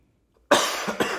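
After a moment of silence, an adult gives a sudden harsh cough, followed about half a second later by a second, weaker burst. Two short, dry-sounding coughs in a quiet indoor room, with no wheeze or rattle.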